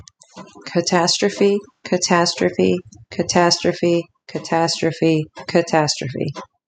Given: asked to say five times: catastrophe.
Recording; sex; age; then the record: repeated word; female; 30 to 39 years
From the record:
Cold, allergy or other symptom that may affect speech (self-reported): no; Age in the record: 31 years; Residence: Iowa, United States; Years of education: 13